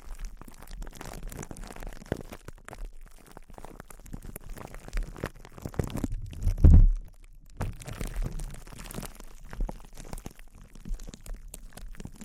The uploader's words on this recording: ASMR Intense Close-Up Crinkles (No Talking).